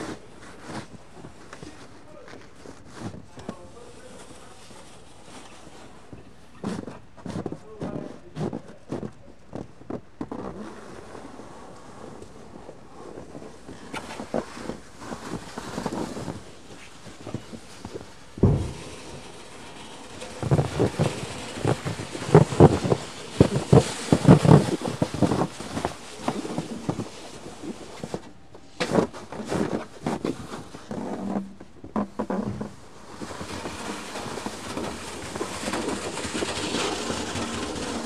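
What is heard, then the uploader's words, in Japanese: Snow being cleared: sparse scrapes and knocks at first, then denser, louder scraping and thuds from around twenty seconds, with a heavy thump near eighteen. 湯治場ラジオ 雪下ろしASMR。村井六助さんでの雪下ろしの音を配信します。会話はありません。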